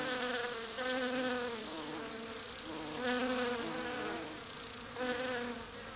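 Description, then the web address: Bee buzzing, a steady droning hum whose pitch wavers up and down, over a constant high hiss. "пчела"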